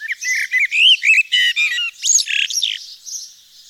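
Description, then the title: Eurasian blackbird song: a short phrase of mellow fluted notes, then a squeaky, scratchy twitter, followed by faint high background chatter. Nord region, northern France. "Sylvain Jaskowiak - Mes piafs. Merle noir dans le Nord"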